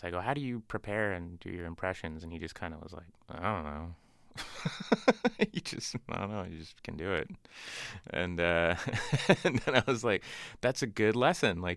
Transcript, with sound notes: I go how do you prepare and do your impressions? And he just kind of was like, I don't know.
(LAUGHTER)
You just, I don't know, you just can do it. And, and I was like that's a good lesson,